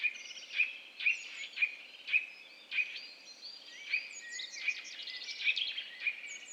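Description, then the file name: Eurasian nuthatch calling with evenly spaced, piping high notes about every half second, joined near the end by a brief burst of higher twitters. "Sitta europaea"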